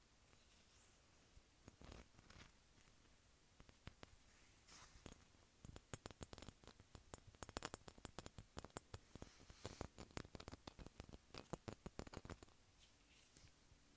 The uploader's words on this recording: ASMR Tapping Bumpy Glass.